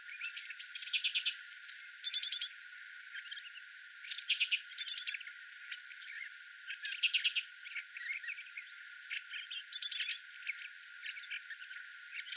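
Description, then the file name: Great tit giving repeated dense buzzy churring bursts at irregular intervals, with faint chirps in between. "Parus major"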